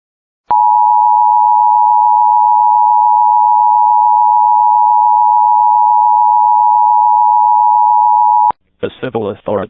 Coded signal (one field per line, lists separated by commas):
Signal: Emergency Alert System (SAME) tones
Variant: 853 and 960 Hz attention tone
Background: speech